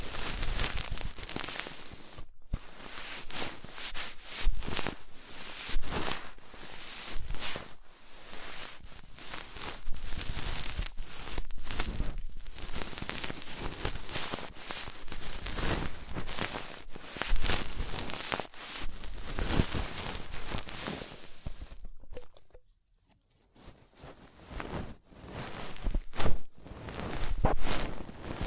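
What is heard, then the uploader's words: ASMR ear treatment sounds: dense, continuous scratching and rustling with rapid, irregular crackles and brushing strokes. The texture is bright and busy throughout, with brief breaks near two seconds and a short silence around twenty-three seconds before the scratching resumes. ASMR Deep Ear Treatment for Sleep (No Talking).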